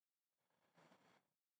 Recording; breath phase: one breath near a microphone; inhalation